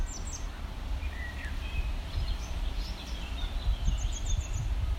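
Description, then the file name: Grey wagtail giving a rapid series of thin, very high ticking notes toward the end, with brief high notes at the start, above constant low rumbling noise. "gebirgsstelze"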